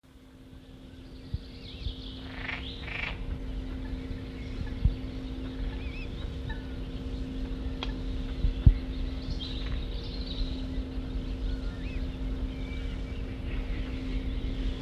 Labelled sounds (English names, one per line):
Edible Frog call